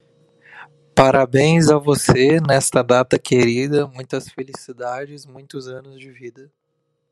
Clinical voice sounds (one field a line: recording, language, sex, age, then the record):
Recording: short text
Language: Brazilian Portuguese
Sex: male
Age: 20 to 29 years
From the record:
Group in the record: control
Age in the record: 29 years